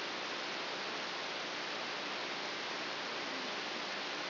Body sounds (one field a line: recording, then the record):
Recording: brain microelectrode recording played as sound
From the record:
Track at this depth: outside the subthalamic nucleus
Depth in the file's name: 6.801 mm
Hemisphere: right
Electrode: 3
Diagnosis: Parkinson's disease